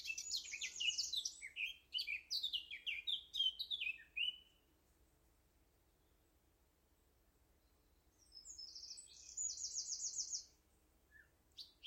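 Eurasian blackcap warbling in a quick, varied burst, then a pause, then a brief high, even trill.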